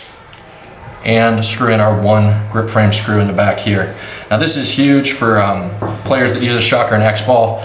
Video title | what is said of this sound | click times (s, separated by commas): Shocker AMP Paintball Marker Overview & Shooting I Shocker AMP vs. Shocker XLS | putting the marker back together just as easy as we took apart simply going to cam lock into place | 0.3 s